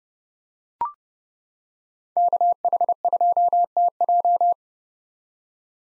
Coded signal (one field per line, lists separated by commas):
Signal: Morse code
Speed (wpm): 30 wpm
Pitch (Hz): 700 Hz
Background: none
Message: KH2TJ